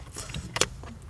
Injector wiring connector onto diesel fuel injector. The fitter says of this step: with the cover with your foam cover to push it until it clicks.